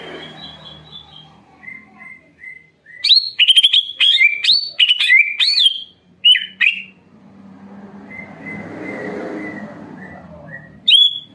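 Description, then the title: Leafbird song: soft whistles at first, then a loud run of sharp, varied whistled phrases, a hissy pause, and a final bright note. Caged-bird training recording (masteran and pancingan) of an energetic, actively singing bird. "Masteran & Pancingan Cucak Ijo Gacor"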